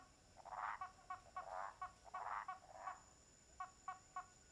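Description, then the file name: Toad chorus of harsh, grating croaks alternating with quick clicking pulses, over a constant thin whine of insects in the background. Toads at a lake at nightfall, with crackling wood, crickets and distant cicadas. "Sapos no lago inicio da noite com estalos de madeira, grilos e cigarras longe"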